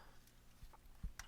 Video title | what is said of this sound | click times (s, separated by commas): Dekoni Audio How to change your ear pads for Sony WH1000XM2 and MDR1000X | you feel it click or hear a click you'll know it'll pop into place | 1.2 s